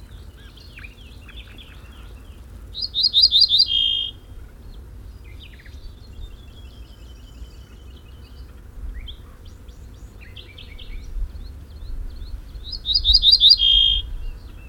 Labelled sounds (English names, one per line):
Pine Bunting song